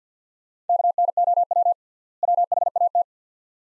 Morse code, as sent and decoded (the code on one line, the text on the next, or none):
-.- -. --- .-- / .-- .... .- -
KNOW WHAT